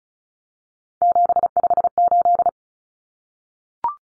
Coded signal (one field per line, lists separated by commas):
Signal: Morse code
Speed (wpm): 34 wpm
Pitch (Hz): 700 Hz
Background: none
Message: 758